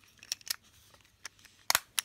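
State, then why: Seated. The two plastic halves of the gearbox case for a Tamiya 1/14 electric RC truck, a Mercedes-Benz Actros 3363 6×4 Full Operation Set, are pressed together. Light ticks sound at about 0.3 s and 0.5 s, then the case closes with a sharp snap at 1.7 s, followed by a quick second tick and another at 2.0 s. The case halves are seated together.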